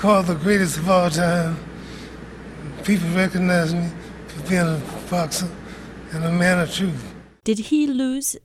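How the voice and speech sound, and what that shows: Slow, flat, mildly slurred male speech with pauses from a man in 2001, while he still maintained he was healthy: a subtle early change of hypokinetic dysarthria from Parkinson's disease, with his speech declining over the following 20 years. Another voice briefly follows.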